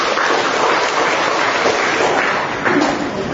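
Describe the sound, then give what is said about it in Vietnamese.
A crowd claps steadily for a few seconds, a dense, even crackle of many hands with no pauses and no voices, applauding to welcome a young person called up from the audience. “Một người bạn trẻ nữa đang ngồi dưới chúng ta, chúng ta cho một tràng pháo tay chào người bạn trẻ này.”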